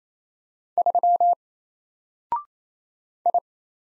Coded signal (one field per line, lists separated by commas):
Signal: Morse code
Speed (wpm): 27 wpm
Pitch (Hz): 700 Hz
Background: none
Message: 3 I